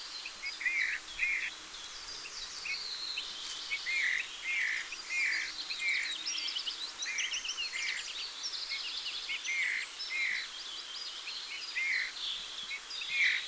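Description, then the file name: Eurasian bullfinch giving soft, piping whistled calls, each short and slightly hooked, repeated many times at irregular intervals, with a busy chatter of other small birds higher above. "Pyrrhula pyrrhula"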